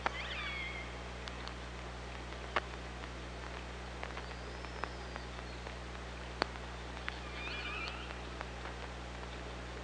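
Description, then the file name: Orca calls, rising and falling whistled tones with harmonics at the start, middle and near the end, over steady hiss, low hum and scattered clicks. Recorded underwater by hydrophone on 24 August 2017 at 05:41. "Orca Lab"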